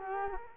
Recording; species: mosquito wingbeat signal from an infrared sensor; Culex quinquefasciatus